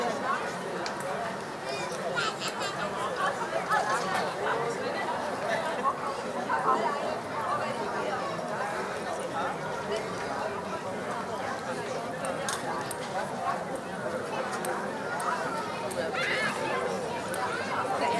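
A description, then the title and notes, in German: A summer evening in Berlin, with a steady wash of overlapping voices and chatter that never pauses, plus occasional brighter clinks and chirps. Berliner Abendämmerung. Entführt dich an einem Freitagabend zur "Stralauer Bucht". Sommerabend in Berlin.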